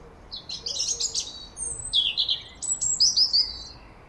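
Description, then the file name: European robin song, a continuous run of high tinkling notes, thin sustained whistles and quick rippling trills. "Erithacus rubecula"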